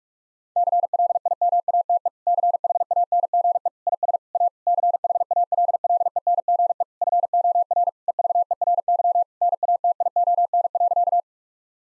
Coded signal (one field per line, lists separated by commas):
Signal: Morse code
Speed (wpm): 46 wpm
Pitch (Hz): 700 Hz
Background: none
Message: CLIMATE CHANGE IS A CHALLENGE FOR EVERY NATION.